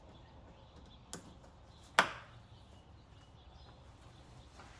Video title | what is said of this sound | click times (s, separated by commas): 2025 Hyundai Elantra N Rear Light Install! Lasfit LED Turn Signals + Reverse + License Plate Lights | push till it clicks. | 1.1 s, 2.0 s